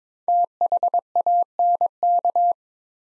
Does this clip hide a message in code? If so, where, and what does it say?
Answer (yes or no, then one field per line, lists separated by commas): yes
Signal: Morse code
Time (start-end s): 0.3-2.5 s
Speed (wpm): 22 wpm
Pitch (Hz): 700 Hz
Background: none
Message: THANK